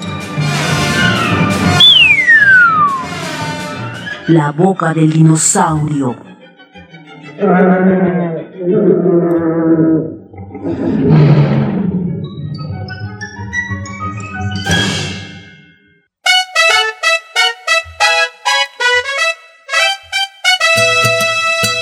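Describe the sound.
A playful musical jingle, the intro of the program La Boca del Dinosaurio, opens with a rising-falling whistle slide and bouncy melodic tones, a voice briefly sings a title, then bright, rapid mallet-like notes patter in a quick rhythm to finish.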